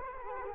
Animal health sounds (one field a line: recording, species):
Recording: mosquito wingbeat signal from an infrared sensor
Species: Culex quinquefasciatus